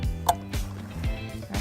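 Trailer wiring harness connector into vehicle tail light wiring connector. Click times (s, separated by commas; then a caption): 0.3 s. Background music with a steady beat plays while the plastic T-connector of a trailer wiring harness is pushed into the passenger-side tail light wiring connector of a 2018 Ford Focus. One loud, sharp, short click at 0.3 s, off the music's beat, marks the locking clip engaging, and the connector is seated.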